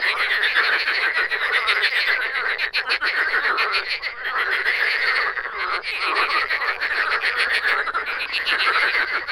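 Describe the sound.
Many frogs croaking at once, a continuous buzzing, pulsed chorus with waves of louder and softer calling.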